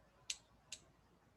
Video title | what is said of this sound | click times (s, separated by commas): Online Class: Beaded Crochet Necklaces - Michaels | And if you can hear that snap, that's good. | 0.3 s, 0.7 s